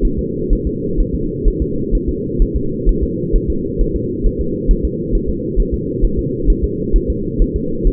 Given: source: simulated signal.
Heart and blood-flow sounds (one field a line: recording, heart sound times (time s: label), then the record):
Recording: fetal heart sounds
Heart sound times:
0.05 s: S1
0.19 s: S2
0.53 s: S1
0.67 s: S2
1.00 s: S1
1.15 s: S2
1.48 s: S1
1.62 s: S2
1.95 s: S1
2.09 s: S2
2.42 s: S1
2.56 s: S2
2.89 s: S1
3.03 s: S2
3.36 s: S1
3.50 s: S2
3.81 s: S1
3.96 s: S2
4.26 s: S1
4.41 s: S2
4.71 s: S1
4.85 s: S2
5.15 s: S1
5.29 s: S2
5.60 s: S1
5.74 s: S2
6.05 s: S1
6.19 s: S2
6.50 s: S1
6.64 s: S2
6.96 s: S1
7.10 s: S2
7.42 s: S1
7.56 s: S2
7.87 s: S1
From the record:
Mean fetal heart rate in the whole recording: 130 bpm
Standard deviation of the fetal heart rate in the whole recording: 4 bpm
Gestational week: 38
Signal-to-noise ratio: -6.6 dB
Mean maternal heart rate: 72 bpm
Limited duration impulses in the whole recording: present